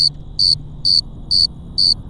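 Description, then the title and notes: Cricket giving steady shrill chirps, five evenly spaced bursts, with soft low background rumble. Several crickets on Cerro Gordo hill, León, Guanajuato, Mexico, 18 April 2019 at 9:19 p.m.; recorded with Tascam DR-05X built-in microphones and WS-11 windshield. "Grillos cercanos en el cerro gordo. Lomas del Madrono, Lomas del Campestre, Gto., Mexico. Close to some crickets at Cerro Gordo in Leon, Guanajuato. Mexico. I made this recording on April 18th, 2019, at 9:19 p.m"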